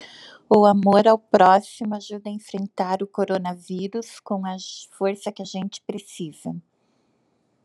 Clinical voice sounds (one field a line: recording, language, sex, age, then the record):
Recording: spoken sentence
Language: Brazilian Portuguese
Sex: female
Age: 50 to 59 years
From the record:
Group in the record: control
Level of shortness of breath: 0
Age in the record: 55 years